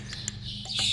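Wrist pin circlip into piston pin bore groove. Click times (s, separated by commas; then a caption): 0.3 s. The wrist pin retaining circlip is pushed into its groove in the piston pin bore of an aluminium piston during a top-end rebuild on an SSR 140 (YX 140) 140cc pit bike. A short, sharp metallic snap at 0.3 s marks the clip seating in its groove over a steady low hum. Faint hiss and chirp-like high tones fill the rest of the clip.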